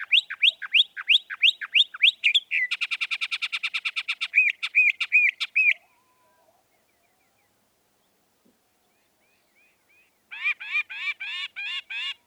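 Northern mockingbird song: rapid run of sharp downslurred notes, then a fast harsh rattle and warbled phrases, a pause, and a closing burst of repeated looping whistles.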